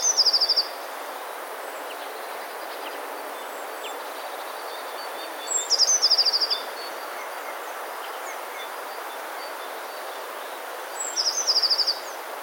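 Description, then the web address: Eurasian blue tit song: three short phrases of high piping notes running into a fast trill, spaced roughly five seconds apart, over steady background hiss. "wroblowe teka spiew. wroblowe teka modraszkoteka"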